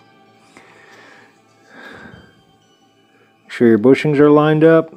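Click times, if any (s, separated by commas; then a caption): none. A Carrera D132 slot car's rear axle assembly is positioned with its bushings lined up in the plastic chassis before being pressed home, while music plays. Soft handling rustles come in around 0.6 s and 1.8 s, and then someone talks. Nothing has seated or clicked yet.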